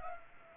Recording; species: mosquito wingbeat signal from an infrared sensor; Culex pipiens